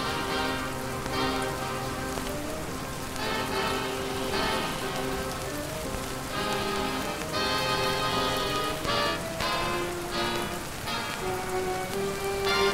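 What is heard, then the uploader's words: Steady rain hisses throughout, a dense, even patter that never lets up. Under it plays old 1940s-style music, with sustained melodic notes shifting every second or two and brighter swells around four, eight and twelve seconds. Rainy Night in Bucky Barnes’ Brooklyn Apartment || Marvel Ambience.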